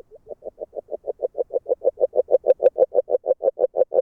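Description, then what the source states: Agile frog giving a steady run of many soft knocking notes, evenly spaced and swelling in loudness at first. Hungary.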